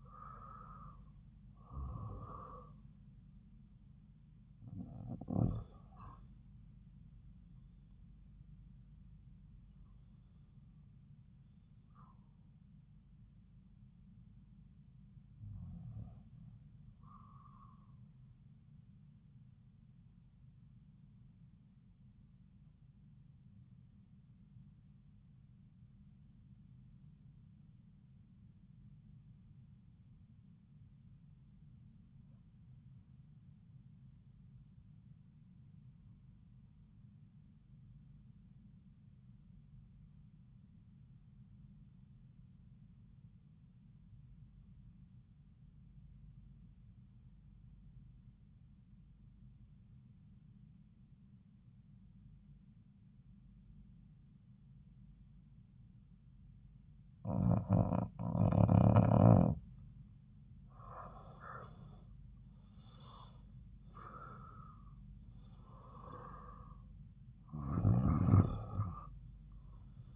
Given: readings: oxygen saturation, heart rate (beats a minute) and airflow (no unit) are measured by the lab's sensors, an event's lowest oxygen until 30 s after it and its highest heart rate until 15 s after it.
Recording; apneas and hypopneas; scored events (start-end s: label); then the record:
breathing in sleep by a smartphone at the bedside; 1
28.00-56.90 s: obstructive apnea (REM, oxygen 95% highest, then 83% lowest)
From the record:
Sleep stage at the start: REM sleep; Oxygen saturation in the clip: 86 to 96%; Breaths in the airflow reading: 8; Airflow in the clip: -9.3 to 7.8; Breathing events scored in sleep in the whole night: 270 in 6.1 hours asleep